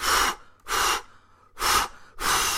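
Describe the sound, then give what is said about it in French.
A voice imitates a wolf blowing hard on a house: four loud, breathy gusts of air in an uneven rhythm, each lasting under half a second and separated by short pauses, with no speech. “Il prit alors sa plus profonde respiration et souffla comme un fou.”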